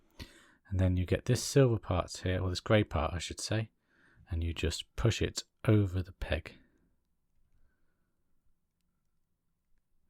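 A grey plastic cockpit part is lined up over its mounting point on a DeAgostini build-your-own Thunderbird 2 model, ready to be pushed home. Someone talks through most of the clip, with a faint short tick near 0.2 s and near-silence after about 6.7 s. The part has not seated or clicked into place yet.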